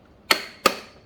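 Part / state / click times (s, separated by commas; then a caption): water tank mop module into robot vacuum body / seated / 0.3 s, 0.7 s. A refilled water tank and mop module is aligned and pushed back into the body of a Xiaomi Mi Robot Vacuum-Mop 2 Pro. Two loud, sharp plastic clicks ring out at 0.3 s and 0.7 s, one for each side, with short ringing tails over a quiet background. The tank is seated.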